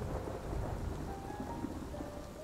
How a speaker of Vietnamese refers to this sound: Cơn mưa mỗi lúc một nặng hạt